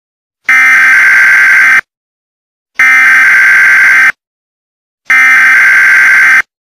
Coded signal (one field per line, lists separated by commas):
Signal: Emergency Alert System (SAME) tones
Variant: header bursts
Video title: EAS Scenario #44 The Ultimate Verneshot - ThePhoenixFire Remake